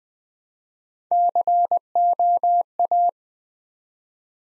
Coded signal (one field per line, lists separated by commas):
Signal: Morse code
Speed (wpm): 20 wpm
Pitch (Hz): 700 Hz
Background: none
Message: COA